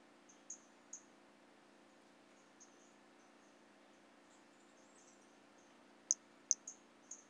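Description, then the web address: White-lined pumpkin toadlet: very high, brief chirping notes from a white-lined pumpkin toadlet, sparse at first, then a quick run of louder pips near the end. Recorded in 2017. "2017 Brachycephalus albolineatus"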